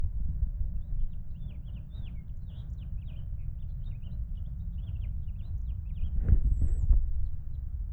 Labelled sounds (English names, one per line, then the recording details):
House Finch song
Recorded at Wantagh on Long Island, New York, on 21 May 1975
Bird C